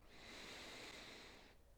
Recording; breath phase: one breath near a microphone; inhalation